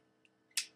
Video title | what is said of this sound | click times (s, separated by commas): Intubation | Place the Miller blade on top of the handle, push down, and you'll hear it click. | 0.6 s